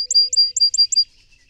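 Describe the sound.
Song sparrow trill of five quick, evenly spaced chirped notes on one high pitch, then quiet.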